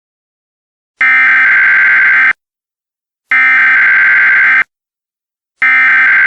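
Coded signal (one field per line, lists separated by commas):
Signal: Emergency Alert System (SAME) tones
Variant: header bursts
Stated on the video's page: Simulated alert scenario.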